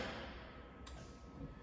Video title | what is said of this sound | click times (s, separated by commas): Saddle Up, With This Clean Carbon…. LOL!! Lightly Used 2020 Carbon 348 Toy Hauler | outdoor carpet so that slides in nice locks into place | 0.9 s